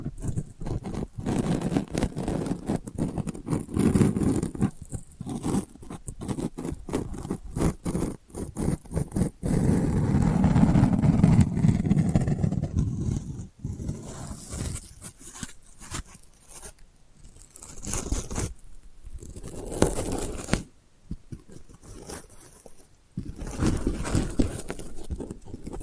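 Delicate scratching runs through the whole stretch as dense, rapid strokes and ticks, dry and crackly with a faint tearing quality. From about 9 to 13 seconds the rubbing turns heavier and more continuous with a low rumble, and brief quiet gaps appear near 21 and 23 seconds.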